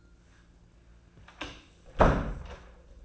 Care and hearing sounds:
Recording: daily activity, microphone in the room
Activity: close door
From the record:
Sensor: 2

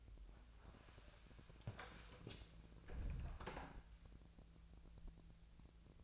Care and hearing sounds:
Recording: daily activity, microphone in the room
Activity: close door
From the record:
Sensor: 2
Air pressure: 1000.2 hPa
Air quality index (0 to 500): 166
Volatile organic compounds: 3 ppm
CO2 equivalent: 1375 ppm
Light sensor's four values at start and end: 10/24/10/11 and 10/23/10/10

